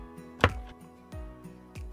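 A 3D-printed ball-joint peg is lined up with its socket in a printed poseable hand and pushed down until it clicks in at 0.4 s with a sharp, loud snap. Two much softer knocks follow at about 1.1 and 1.8 s over a steady tonal background. The peg is seated and the joint is nice and tight.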